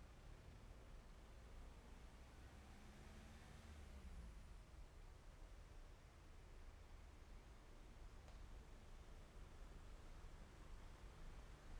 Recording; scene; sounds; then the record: everyday scene through a hearing-aid microphone; in traffic; traffic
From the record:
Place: main road on the outskirts, rush hour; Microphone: behind the ear, left, rear